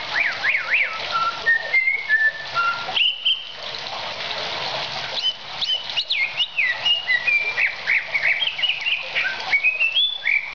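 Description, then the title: Oriental magpie-robin singing: looping warbled whistles at the start, then clear sliding notes and downslurred phrases, some high and thin, in a steady varied stream. "Kicau Kacer"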